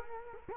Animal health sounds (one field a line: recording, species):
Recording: mosquito wingbeat signal from an infrared sensor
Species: Culex quinquefasciatus